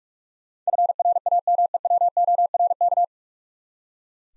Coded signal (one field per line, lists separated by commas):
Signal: Morse code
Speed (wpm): 46 wpm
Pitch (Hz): 700 Hz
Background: none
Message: FRAMEWORK